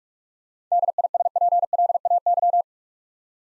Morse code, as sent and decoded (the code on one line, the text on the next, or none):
-.. .. ... .--. .-.. .- -.--
DISPLAY